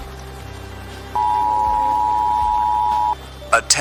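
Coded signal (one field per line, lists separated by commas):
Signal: Emergency Alert System (SAME) tones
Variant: 853 and 960 Hz attention tone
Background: speech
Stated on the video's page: Fictional EAS broadcast from a backup transmitter about a nuclear attack.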